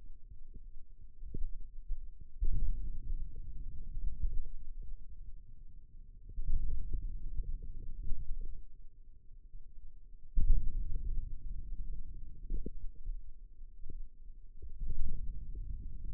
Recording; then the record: forearm muscle sounds (acoustic myography)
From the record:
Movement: wrist extension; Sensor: system 2, bracelet of six BSWA MPA416 microphones around the upper forearm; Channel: 3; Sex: male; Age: 22 years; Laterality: right